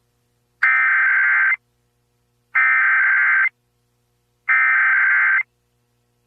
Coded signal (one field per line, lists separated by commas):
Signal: Emergency Alert System (SAME) tones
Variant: header bursts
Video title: (EAS #54)Orange County Required Monthly Test (RMT) On KOCI-FM (12/5/22)